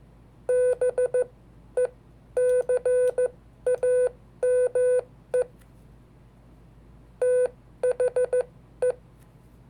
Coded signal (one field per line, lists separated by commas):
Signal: Morse code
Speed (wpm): 14 wpm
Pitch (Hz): 500 Hz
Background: none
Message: BECAME THE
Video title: 5 Dates from History in Morse Code